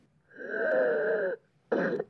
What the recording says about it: When you assess lung sounds on this mannequin, what you're hearing is what you get. So if I take a stethoscope and listen to this mannequin's lung sounds. So if it's wheezing, I'll hear wheezing.